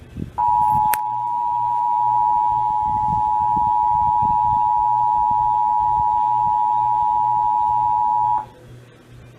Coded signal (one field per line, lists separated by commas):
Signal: Emergency Alert System (SAME) tones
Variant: 853 and 960 Hz attention tone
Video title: June 2021 Oklahoma Required Monthly Test (EAS#177-185)